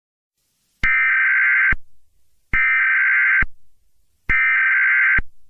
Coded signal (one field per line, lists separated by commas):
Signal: Emergency Alert System (SAME) tones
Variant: header bursts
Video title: EAS test fail